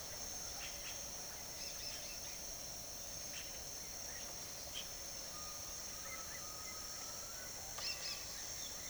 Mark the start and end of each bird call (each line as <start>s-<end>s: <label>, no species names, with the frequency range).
0.51s-4.37s: bird call (1.0-7.3 kHz)
5.21s-7.32s: bird call (0.9-3.3 kHz)
7.69s-8.89s: bird call (1.5-6.0 kHz)